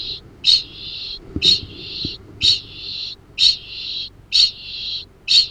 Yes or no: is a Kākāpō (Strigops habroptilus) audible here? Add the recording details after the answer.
yes. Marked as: faintness 1/5. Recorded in New Zealand. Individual Arab